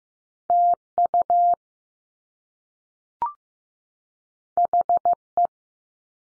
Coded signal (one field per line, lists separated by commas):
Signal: Morse code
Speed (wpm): 15 wpm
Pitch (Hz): 700 Hz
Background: none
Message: T UH E